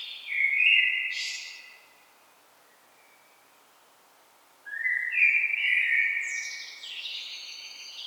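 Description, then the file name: Common blackbird singing two warbled phrases a few seconds apart, each low and fluty with a thin high scratchy flourish at the end. "Turdus merula"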